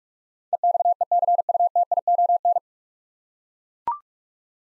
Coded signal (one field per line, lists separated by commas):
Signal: Morse code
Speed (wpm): 42 wpm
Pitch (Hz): 700 Hz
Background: none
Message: EXECUTION